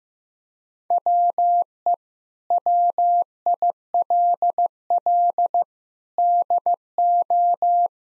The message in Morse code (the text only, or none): WE WILL DO